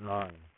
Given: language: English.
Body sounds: throat vibration sensor signal played as sound; speech

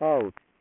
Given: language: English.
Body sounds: throat vibration sensor signal played as sound; speech

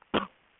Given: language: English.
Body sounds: throat vibration sensor signal played as sound; cough

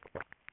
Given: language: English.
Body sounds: throat vibration sensor signal played as sound; swallow

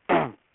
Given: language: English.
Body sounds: throat vibration sensor signal played as sound; throat clearing

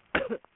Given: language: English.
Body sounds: throat vibration sensor signal played as sound; cough

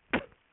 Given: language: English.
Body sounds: throat vibration sensor signal played as sound; cough

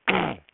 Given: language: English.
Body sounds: throat vibration sensor signal played as sound; throat clearing

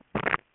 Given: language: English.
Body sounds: throat vibration sensor signal played as sound; swallow

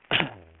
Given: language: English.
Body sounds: throat vibration sensor signal played as sound; speech

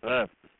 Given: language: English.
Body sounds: throat vibration sensor signal played as sound; speech

